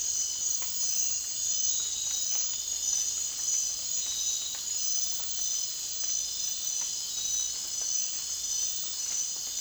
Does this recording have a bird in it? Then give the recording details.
no. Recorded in dense forest near Puerto Asís, Putumayo, Colombia, on 25 June 2025 at 01:30. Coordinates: 0.466, -76.327. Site GP04